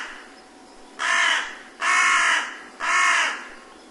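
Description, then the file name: Carrion crow uttering three harsh, hoarse caws in quick succession, each about two-thirds of a second long. "hasiboso"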